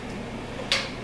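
A RAM module is slid into its motherboard memory slot during a custom PC build. Low, steady background noise gives way to a single sharp, bright click at 0.7 s as the module seats and locks into place.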